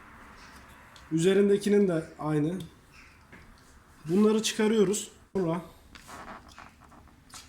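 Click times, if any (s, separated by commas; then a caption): none. A metal retaining clip on a fuel line connector at the diesel fuel filter of a Renault Kangoo 1.5 dCi is being handled during servicing, while someone talks. Brief handling noises and short sharp ticks follow the speech, but the clip has not yet been pressed home and nothing has seated or clicked yet.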